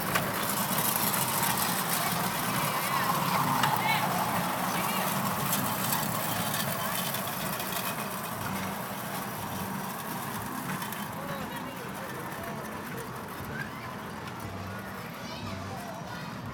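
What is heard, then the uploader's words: Arcade noise on the Coney Island boardwalk: a dense, steady wash of overlapping voices and machine chatter with a constant low rumble underneath. Brief bright beeps and tones poke through in the first few seconds, and the din eases slightly toward the end. Coney Island Boardwalk - Arcade II by Bandeto.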